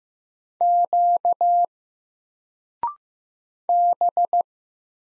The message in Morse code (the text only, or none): Q B